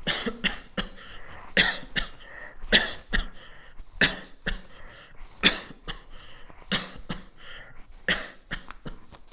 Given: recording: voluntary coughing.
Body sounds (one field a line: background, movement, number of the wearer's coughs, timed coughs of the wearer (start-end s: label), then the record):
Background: quiet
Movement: walking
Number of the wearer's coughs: 16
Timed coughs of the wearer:
0.05-0.41 s: cough
0.41-0.68 s: cough
0.75-0.92 s: cough
1.54-1.87 s: cough
1.94-2.12 s: cough
2.70-3.01 s: cough
3.11-3.41 s: cough
3.98-4.29 s: cough
4.45-4.61 s: cough
5.40-5.73 s: cough
5.78-6.08 s: cough
6.69-7.00 s: cough
7.08-7.23 s: cough
8.06-8.37 s: cough
8.51-8.64 s: cough
8.76-8.94 s: cough
From the record:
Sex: male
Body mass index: 22.0 kg/m2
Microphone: on the chest, facing the body